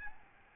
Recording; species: mosquito wingbeat signal from an infrared sensor; Aedes albopictus